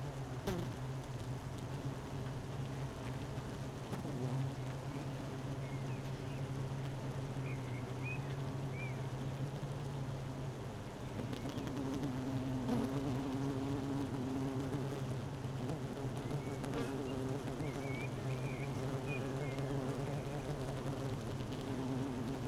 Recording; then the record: honeybee colony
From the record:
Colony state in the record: missing queen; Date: 31 May 2018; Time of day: 12:05